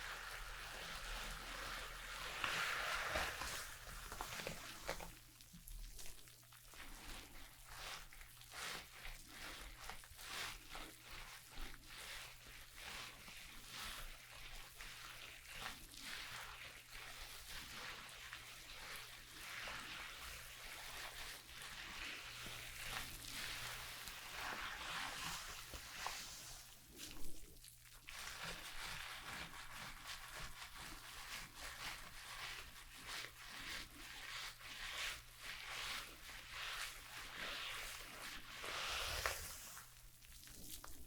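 Hair being shampooed and brushed, with a steady stream of dense, bright rubbing and scratching strokes that barely let up across the whole stretch. Brief wetter, sloshing pauses break in around 3, 27 and 39 seconds, and a constant low hum runs underneath.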